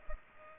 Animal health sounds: mosquito wingbeat signal from an infrared sensor; Culex pipiens

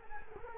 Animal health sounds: mosquito wingbeat signal from an infrared sensor; Culex quinquefasciatus

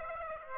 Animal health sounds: mosquito wingbeat signal from an infrared sensor; Aedes aegypti

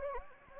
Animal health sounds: mosquito wingbeat signal from an infrared sensor; Anopheles gambiae

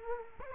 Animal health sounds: mosquito wingbeat signal from an infrared sensor; Culex quinquefasciatus

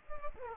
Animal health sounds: mosquito wingbeat signal from an infrared sensor; Culex quinquefasciatus

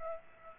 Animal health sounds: mosquito wingbeat signal from an infrared sensor; Aedes aegypti

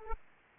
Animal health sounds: mosquito wingbeat signal from an infrared sensor; Aedes aegypti

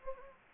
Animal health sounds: mosquito wingbeat signal from an infrared sensor; Anopheles gambiae

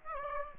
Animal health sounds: mosquito wingbeat signal from an infrared sensor; Aedes aegypti

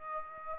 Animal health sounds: mosquito wingbeat signal from an infrared sensor; Aedes aegypti

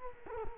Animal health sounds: mosquito wingbeat signal from an infrared sensor; Culex quinquefasciatus

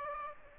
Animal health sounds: mosquito wingbeat signal from an infrared sensor; Aedes aegypti

